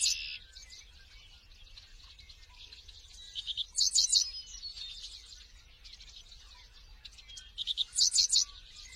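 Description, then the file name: Seedeater singing a varied high twittering song, with loud bright trilled bursts recurring about every four seconds. "Canto do papa capim americano"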